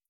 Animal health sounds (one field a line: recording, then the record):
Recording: hydrophone in a shrimp aquaculture tank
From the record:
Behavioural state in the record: feeding